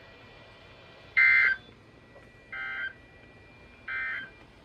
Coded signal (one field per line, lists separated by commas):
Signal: Emergency Alert System (SAME) tones